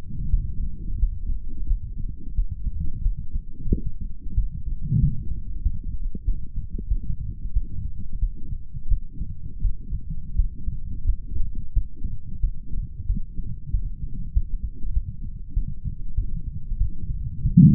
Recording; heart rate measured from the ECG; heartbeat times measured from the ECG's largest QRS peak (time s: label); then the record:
heart sounds by stethoscope; 91 bpm
0.30 s: heartbeat
0.99 s: heartbeat
1.67 s: heartbeat
2.35 s: heartbeat
3.02 s: heartbeat
3.69 s: heartbeat
4.35 s: heartbeat
5.00 s: heartbeat
5.62 s: heartbeat
6.25 s: heartbeat
6.88 s: heartbeat
7.53 s: heartbeat
8.19 s: heartbeat
8.88 s: heartbeat
9.61 s: heartbeat
10.36 s: heartbeat
11.05 s: heartbeat
11.73 s: heartbeat
12.40 s: heartbeat
13.06 s: heartbeat
13.71 s: heartbeat
14.33 s: heartbeat
14.93 s: heartbeat
15.54 s: heartbeat
16.15 s: heartbeat
16.78 s: heartbeat
17.42 s: heartbeat
From the record:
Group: healthy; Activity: light exercise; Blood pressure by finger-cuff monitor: 118/72 mmHg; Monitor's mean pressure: 89 mmHg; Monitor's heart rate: 89 bpm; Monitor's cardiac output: 6.9 L/min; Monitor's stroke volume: 76 mL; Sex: male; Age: 35 years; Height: 178 cm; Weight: 64 kg